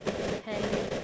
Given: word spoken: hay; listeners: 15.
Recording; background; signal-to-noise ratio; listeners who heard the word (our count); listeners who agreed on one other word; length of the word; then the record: one English word in noise, from a listening test; noise modulated by three-talker babble; -7.9 dB; 0 of 15; 9 of 15; 0.65 s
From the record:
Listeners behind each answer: 9, 1, 1, 1, 1, 1, 1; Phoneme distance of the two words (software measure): 17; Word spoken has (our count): 1 syllable, 2 phonemes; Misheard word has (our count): 1 syllable, 3 phonemes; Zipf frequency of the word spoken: 4.06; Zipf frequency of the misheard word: 4.85